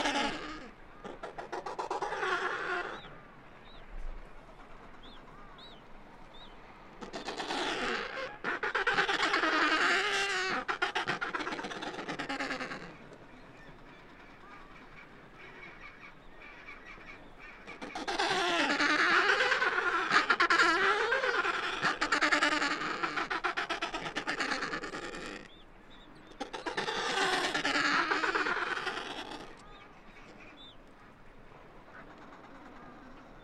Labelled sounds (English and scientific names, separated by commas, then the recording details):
Adelie Penguin (Pygoscelis adeliae) call
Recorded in the wild
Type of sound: call
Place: Kopaitic Island, Antarctica, AQ
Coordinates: -63.18, -57.55
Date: 2018-12-31
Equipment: Olympus LS-100, Sennheiser ME66
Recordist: Beaulieu, Michaël
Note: In Kolonie von Esels-, Zügel- und Adeliepinguinen. Küken